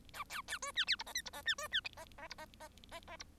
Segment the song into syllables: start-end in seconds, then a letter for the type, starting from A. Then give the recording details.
0.13-0.24 A, 0.29-0.41 B, 0.48-0.58 B, 0.62-0.72 C, 0.75-0.85 D, 0.87-0.96 E, 0.99-1.03 F, 1.06-1.13 G, 1.14-1.22 H, 1.25-1.30 F, 1.33-1.42 G, 1.45-1.55 D, 1.58-1.68 C, 1.71-1.81 D, 1.97-2.05 G, 2.18-2.28 G, 2.30-2.35 F, 2.38-2.45 G, 2.60-2.68 G, 2.91-3.00 G, 3.07-3.17 G, 3.19-3.24 F. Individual Bird1